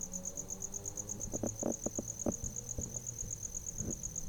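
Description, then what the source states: Cricket trilling in rapid, even, high pulses throughout, while irregular dull taps and clicks sound underneath. Recorded at night.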